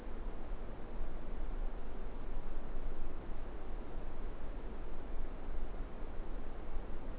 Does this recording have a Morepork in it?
no